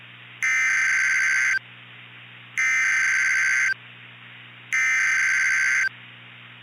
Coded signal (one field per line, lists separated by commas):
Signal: Emergency Alert System (SAME) tones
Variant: header bursts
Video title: "CLINTON" [Tornado EAS Scenario]